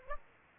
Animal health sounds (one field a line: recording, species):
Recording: mosquito wingbeat signal from an infrared sensor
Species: Aedes aegypti